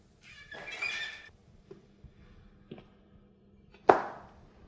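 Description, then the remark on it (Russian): A door handle being turned: a high, creaky squeal lasting about a second, then a few faint metallic clicks, ending in one sharp, louder clack. No voices. “У дверей вертится ручка, Хлестаков бледнеет и съеживается.”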